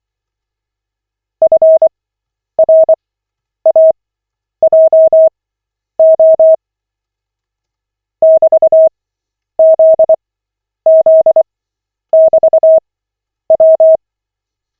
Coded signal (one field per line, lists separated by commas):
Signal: Morse code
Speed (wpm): 24 wpm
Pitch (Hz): 640 Hz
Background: none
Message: FRAJO <BT>ZZ<BT>W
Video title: Koch 18/40, 10.02.2025, CW practice session